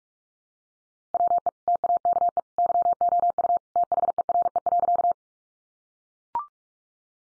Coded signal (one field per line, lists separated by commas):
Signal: Morse code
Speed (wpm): 44 wpm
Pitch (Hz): 700 Hz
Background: none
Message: WE TAKE YOU THERE.